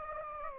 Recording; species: mosquito wingbeat signal from an infrared sensor; Anopheles gambiae